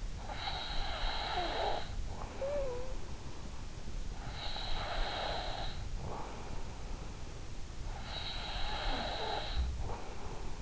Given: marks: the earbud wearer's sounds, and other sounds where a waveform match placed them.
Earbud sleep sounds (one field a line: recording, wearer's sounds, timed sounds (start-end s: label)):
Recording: sounds in sleep by an in-ear microphone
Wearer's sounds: breath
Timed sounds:
0.00-3.20 s: breath
4.40-6.68 s: breath
8.00-10.62 s: breath